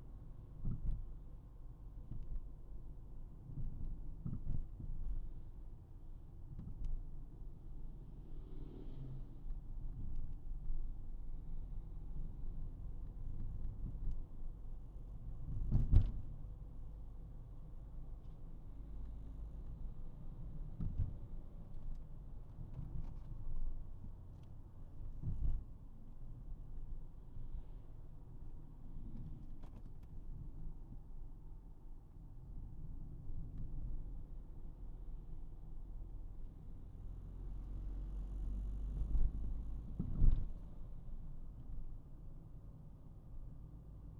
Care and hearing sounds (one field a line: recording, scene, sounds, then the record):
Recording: everyday scene through a hearing-aid microphone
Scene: in a vehicle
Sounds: engine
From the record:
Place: Berlingo II, diesel engine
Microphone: behind the ear, right, rear